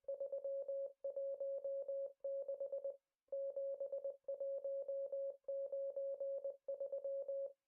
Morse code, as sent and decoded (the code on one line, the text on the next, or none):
...-- .---- -.... / --... .---- ----. ...--
316 7193